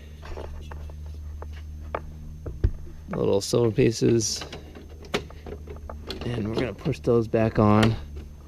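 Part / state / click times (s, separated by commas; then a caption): metal retaining clip onto headlight assembly mounting tab / not seated / none. Small silver metal retaining clips are handled at a Toyota Tacoma headlight assembly, about to be pushed back onto its mounting tabs, with faint ticks and light taps under a steady low hum while someone talks. Nothing has seated or clicked yet.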